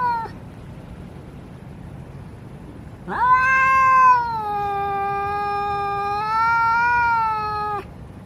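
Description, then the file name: Domestic cat with a clipped meow at the start, then after a pause one long, drawn-out meow that dips and swells before ending. Male cat (tomcat). "tieng meo duc keu"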